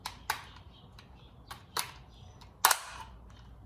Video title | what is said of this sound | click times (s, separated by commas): 2015 Lexus GX460 door lock actuator replacement | one also locks in place close that back up in | 2.7 s